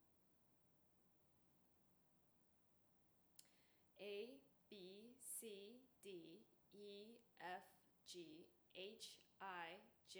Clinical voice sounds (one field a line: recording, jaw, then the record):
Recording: letters of the alphabet, spoken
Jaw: free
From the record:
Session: seven days later